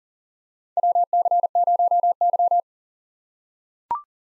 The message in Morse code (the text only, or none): WC0Y